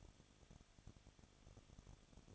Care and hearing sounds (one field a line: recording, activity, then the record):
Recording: daily activity, microphone in the room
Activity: no activity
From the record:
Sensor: 4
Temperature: 23.1 degrees Celsius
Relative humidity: 34.1%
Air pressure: 1007.2 hPa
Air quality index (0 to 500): 216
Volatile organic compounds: 15 ppm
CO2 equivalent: 2498 ppm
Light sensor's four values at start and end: 2/3/1/1 and 2/3/1/1